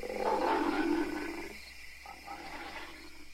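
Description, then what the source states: Ape screaming, a harsh, wavering scream with stacked harmonics for about a second and a half, then fading to quieter rough calls. Several apes, long angry screaming and growling.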